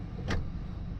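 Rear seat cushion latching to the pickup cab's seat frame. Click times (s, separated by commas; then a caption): 0.3 s. A rear bench seat cushion in a 2019 Nissan Titan PRO 4X Crew Cab is lifted up and latches to the cab's seat frame in the folded-up position. A single sharp click sounds at 0.3 s over a steady low background rumble. The cushion locks in place upright.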